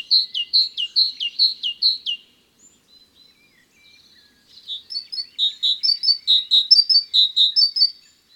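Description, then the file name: Great tit song: a quick series of ringing repeated notes, a short quiet gap, then a longer run of high paired phrases. Garden bird. "Oiseaux-des-jardins-Mésange-charbonnière"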